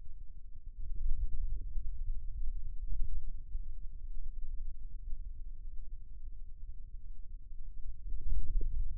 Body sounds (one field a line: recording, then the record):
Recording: forearm muscle sounds (acoustic myography)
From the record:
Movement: radial deviation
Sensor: system 2, bracelet of six BSWA MPA416 microphones around the upper forearm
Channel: 6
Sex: male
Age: 22 years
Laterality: right